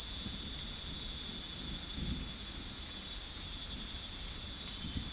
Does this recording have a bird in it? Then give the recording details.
no. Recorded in dense forest near Puerto Asís, Putumayo, Colombia, on 13 March 2025 at 22:00. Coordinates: 0.499, -76.324. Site GP03